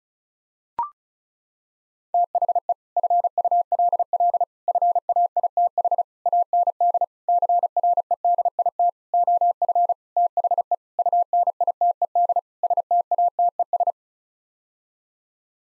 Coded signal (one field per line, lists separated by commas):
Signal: Morse code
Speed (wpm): 36 wpm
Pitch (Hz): 700 Hz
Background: none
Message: THE FULL FAITH AND CREDIT OF THE UNITED STATES